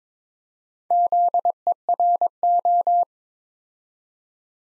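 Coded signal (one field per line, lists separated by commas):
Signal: Morse code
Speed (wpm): 23 wpm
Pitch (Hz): 700 Hz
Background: none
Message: ZERO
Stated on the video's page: Morse practice at 22 wpm building 4-letter words two letters at a time, for training instant character recognition.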